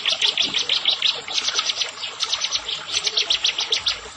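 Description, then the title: Bar-winged prinia song: a continuous stream of fast, high, sharp notes, pulsing evenly for about four seconds. "Ciblek Sawah"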